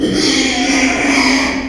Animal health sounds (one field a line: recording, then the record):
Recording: squeal of a Yucatan mini pig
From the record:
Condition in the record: after surgery on the right vocal fold (resection and tissue-engineered implant)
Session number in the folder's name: 2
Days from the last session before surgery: 13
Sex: male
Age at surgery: 12 weeks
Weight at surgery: 13 kg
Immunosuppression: cyclosporine, prednisolone